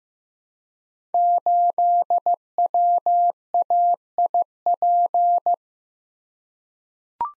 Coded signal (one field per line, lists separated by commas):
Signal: Morse code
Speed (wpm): 15 wpm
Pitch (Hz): 700 Hz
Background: none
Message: 8WAIP